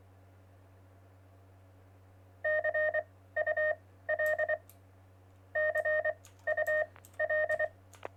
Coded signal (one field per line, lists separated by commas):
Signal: Morse code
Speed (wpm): 24 wpm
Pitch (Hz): 620 Hz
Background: none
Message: CUL CUL